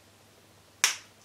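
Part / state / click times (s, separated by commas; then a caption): twist cap on a self-sharpening lip liner pencil / seated / 0.8 s. The cap of a self-sharpening lip liner pencil is twisted to the right, engaging its built-in sharpener. After near silence, a single short, bright snap rings out at 0.8 seconds and fades quickly. The cap snaps into its sharpening position.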